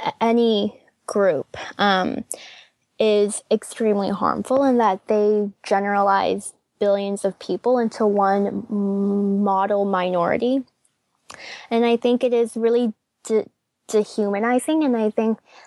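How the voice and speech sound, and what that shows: A 21-year-old woman who stutters speaks with stretched sounds, a long held vowel and a 'de- dehumanizing' part-word repeat: stuttering.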